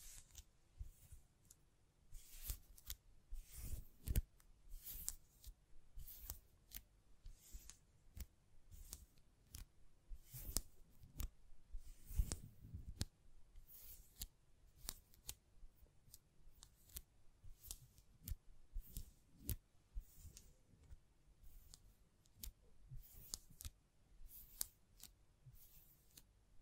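Close, dry hand sounds: quick taps, scratches and brushing against the microphone in irregular bursts, some sharp and bright, others softer. The clicks come several times a second with brief pauses, a few louder thumps near 4 and 12 seconds, all in a quiet small room.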